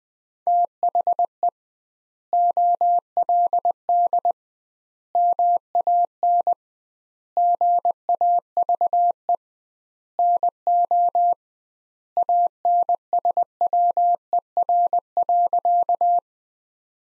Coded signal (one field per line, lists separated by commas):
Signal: Morse code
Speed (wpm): 20 wpm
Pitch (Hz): 700 Hz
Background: none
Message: THE OLD MAN GAVE NO ANSWER.